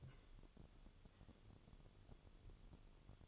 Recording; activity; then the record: daily activity, microphone in the room; take from stove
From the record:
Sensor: 4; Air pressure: 1008.7 hPa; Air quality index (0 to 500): 110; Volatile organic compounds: 1 ppm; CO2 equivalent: 814 ppm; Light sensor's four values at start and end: 10/22/9/8 and 10/22/9/8